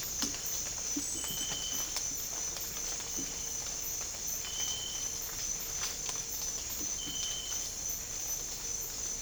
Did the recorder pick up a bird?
no